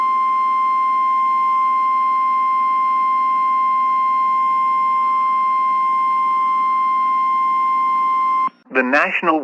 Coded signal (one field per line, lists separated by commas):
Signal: Emergency Alert System (SAME) tones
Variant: 1050 Hz attention tone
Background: speech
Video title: EAS Mock: Cup City Tornado